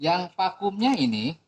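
A wiring connector is being handled at the vacuum/manifold pressure sensor in an engine bay while someone talks. Nothing has seated or clicked yet; the connector has not yet gone home on the sensor.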